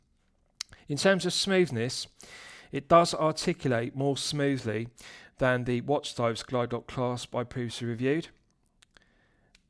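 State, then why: Seated. Someone talks while the sliding glide-lock extension of the steel clasp on a Sugess S421 Seaman Starbucks (Submariner Date homage) watch bracelet, with 316L sliders, is pushed back in. Once the talking stops, it seats with a small, sharp, nice positive click at 8.8 s, followed by a few faint ticks.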